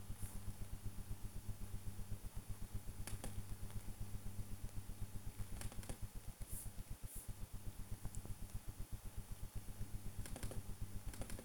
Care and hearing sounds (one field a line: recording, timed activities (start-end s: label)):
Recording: household activities, microphone on the right wrist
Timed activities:
0.00-11.45 s: build with lego